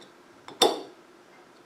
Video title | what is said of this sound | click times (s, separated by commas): Canning French fries in bail wire jars | when you put up the big wire across the top it should click you hear a click listen | 0.6 s